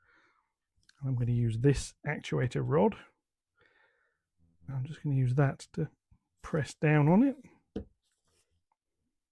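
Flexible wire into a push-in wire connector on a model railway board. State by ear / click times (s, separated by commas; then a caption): seated / 7.8 s. A flexible wire is pressed down into a push-in wire connector on a model railway board, using a plastic actuator rod as a stick. Someone talks, then a single sharp click at 7.8 s shows the wire has seated in the connector.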